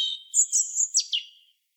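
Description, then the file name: European robin singing a short phrase of thin, very high whistled notes that then drop into a quick downward flourish. "Erithacus rubecula"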